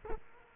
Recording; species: mosquito wingbeat signal from an infrared sensor; Culex quinquefasciatus